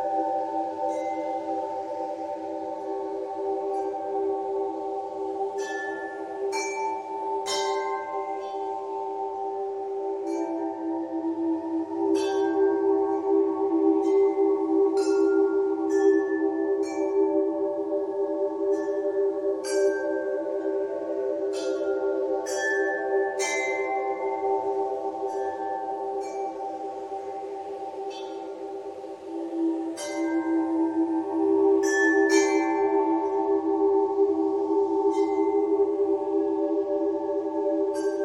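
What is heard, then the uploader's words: Soothing ambient music built on a steady, layered drone of mid-pitched ringing tones, like sustained singing bowls. Bright chime-like strikes sparkle over it every second or two, while a soft low rumble swells in around the middle and again near the end. Soothing ambient music accompanied by gentle wind sounds.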